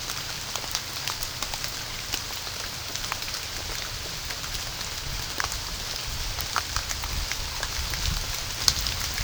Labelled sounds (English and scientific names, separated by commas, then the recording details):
none
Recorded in pastures near Puerto Asís, Putumayo, Colombia, on 30 June 2025 at 16:30
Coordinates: 0.497, -76.327
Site G040